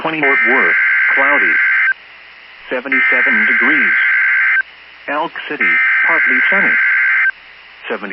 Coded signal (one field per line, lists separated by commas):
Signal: Emergency Alert System (SAME) tones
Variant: header bursts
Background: speech